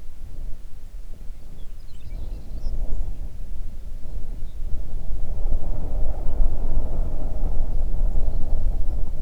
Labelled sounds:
songbird, wind
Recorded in the Arctic National Wildlife Refuge, Alaska, on 3 June 2019 at 04:32
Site 37

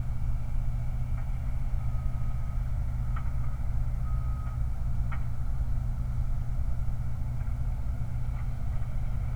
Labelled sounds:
truck
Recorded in the Prudhoe Bay oil fields, Alaska, on 29 July 2019
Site 29

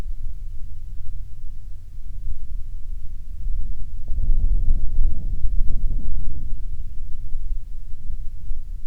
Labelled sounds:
wind
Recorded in the Prudhoe Bay oil fields, Alaska, on 27 June 2019 at 00:57
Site 22

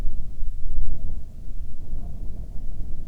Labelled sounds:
wind
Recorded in the Prudhoe Bay oil fields, Alaska, on 10 July 2019 at 14:02
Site 14

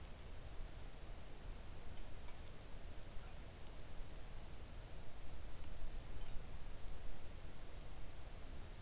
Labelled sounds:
rain
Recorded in the Arctic National Wildlife Refuge, Alaska, on 3 August 2019 at 05:46
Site 41

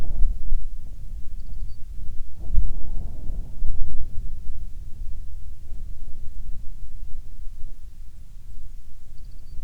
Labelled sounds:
songbird, wind
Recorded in the Prudhoe Bay oil fields, Alaska, on 10 July 2019 at 14:18
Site 14

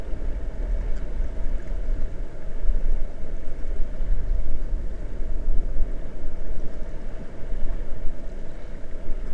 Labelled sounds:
water
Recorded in the Prudhoe Bay oil fields, Alaska, on 22 May 2019 at 00:31
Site 21

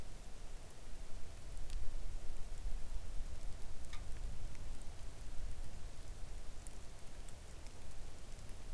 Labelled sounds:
rain
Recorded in the Arctic National Wildlife Refuge, Alaska, on 3 August 2019 at 05:43
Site 41

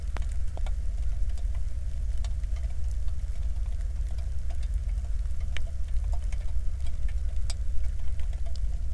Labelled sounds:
bird, flare stack, wind
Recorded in the Prudhoe Bay oil fields, Alaska, on 1 August 2019 at 02:00
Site 25

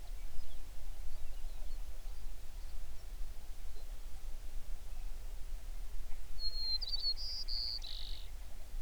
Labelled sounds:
songbird, grouse or ptarmigan
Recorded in the Prudhoe Bay oil fields, Alaska, on 11 June 2019 at 05:09
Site 21

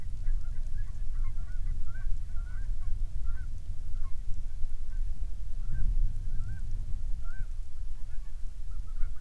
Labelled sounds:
waterfowl, rain
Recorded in the Prudhoe Bay oil fields, Alaska, on 13 May 2019 at 07:09
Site 21

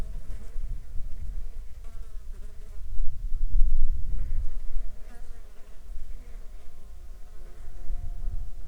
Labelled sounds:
insects
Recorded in the Arctic National Wildlife Refuge, Alaska, on 9 July 2019 at 08:02
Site 35

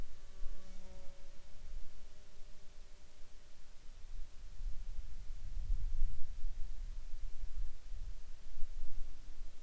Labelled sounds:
insects
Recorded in Ivvavik National Park, Yukon, on 13 July 2019 at 22:52
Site SINP03

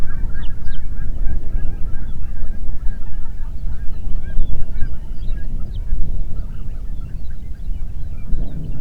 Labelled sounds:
songbird, waterfowl, wind
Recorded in the Prudhoe Bay oil fields, Alaska, on 8 June 2019 at 04:19
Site 30

